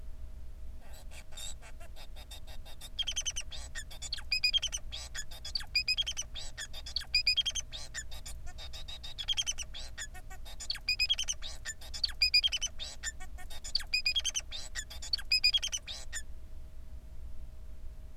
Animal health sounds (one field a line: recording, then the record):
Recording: song of a male Bengalese finch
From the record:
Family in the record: son of father 4